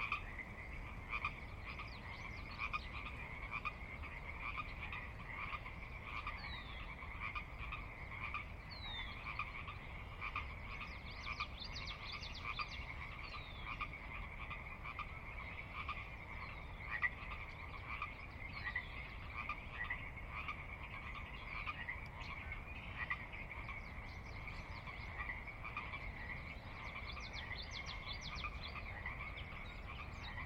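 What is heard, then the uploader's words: Dusk in a valley, filled with a dense, unbroken chorus of frogs croaking together at a steady pitch. The calls overlap continuously for the whole half minute, with occasional brighter chirps standing out, over a low rumble of wind or other noise. Sinlahekin Valley dusk. The valley itself is a 16 mile long, 1/2-mile wide glacier-dug trench near the Northeastern slope of the Cascades.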